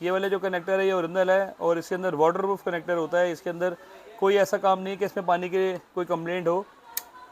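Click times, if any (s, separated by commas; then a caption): 7.0 s. A man talks while an original waterproof plastic plug-and-play wiring connector in a Brezza ZXi is pushed home into its mating connector. A short, sharp click is heard at 7.0 s. The connector is seated and the plug-and-play connection is complete.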